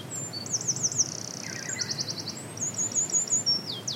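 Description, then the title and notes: Eurasian wren song: a continuous burst of shrill, rapid trills and chattering notes against steady background noise. Wild bird singing on a beach in Rhu, just outside Helensburgh, Scotland, heard while walking after a long day at work. "The Song Of The Eurasian Wren. As I am walking on a beach in Rhu, just outside of Helensburgh Scotland, I hear this song"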